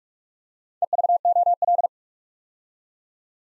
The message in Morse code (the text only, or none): EVOL